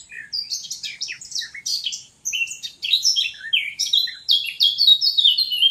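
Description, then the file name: Eurasian blackcap song, continuous rapid warbling of scratchy and fluted notes, with brief pauses between phrases. "Sylvia atricapilla"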